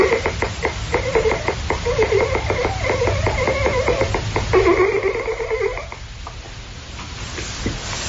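Long, loud, creaking inhaled snores with a rattling, pulsing vibration, sounding like a creaking ship, from an adult sleeper who has snored like this for a couple of years: one runs about four seconds, a second about one second, then a quieter pause. Very loud, rough snoring like this can signal obstructed breathing during sleep.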